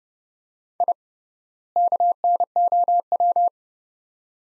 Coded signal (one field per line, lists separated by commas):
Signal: Morse code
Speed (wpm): 30 wpm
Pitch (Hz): 700 Hz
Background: none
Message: I KNOW